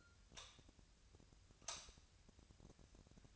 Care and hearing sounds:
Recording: daily activity, microphone in the room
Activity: light on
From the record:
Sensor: 2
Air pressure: 1009.8 hPa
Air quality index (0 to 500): 182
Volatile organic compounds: 11 ppm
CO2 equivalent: 2269 ppm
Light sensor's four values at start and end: 28/69/30/33 and 33/85/36/39

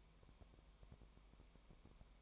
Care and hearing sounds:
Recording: daily activity, microphone in the room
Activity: no activity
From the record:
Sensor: 1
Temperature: 19.0 degrees Celsius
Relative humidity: 34.1%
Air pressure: 1001.3 hPa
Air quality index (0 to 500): 82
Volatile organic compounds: 1 ppm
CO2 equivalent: 824 ppm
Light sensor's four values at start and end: 1/2/1/1 and 1/2/1/1

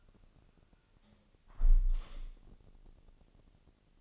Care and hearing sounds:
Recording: daily activity, microphone in the room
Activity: close window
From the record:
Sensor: 4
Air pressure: 1001.2 hPa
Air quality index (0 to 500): 176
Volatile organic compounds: 2 ppm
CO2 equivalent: 1258 ppm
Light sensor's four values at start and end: 12/28/11/12 and 12/28/11/12

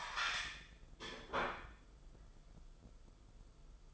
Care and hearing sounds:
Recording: daily activity, microphone in the room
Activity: place plate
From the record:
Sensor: 5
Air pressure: 994.6 hPa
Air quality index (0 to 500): 170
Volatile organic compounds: 589 ppm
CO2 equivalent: 4928 ppm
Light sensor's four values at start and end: 9/22/9/10 and 9/22/9/10

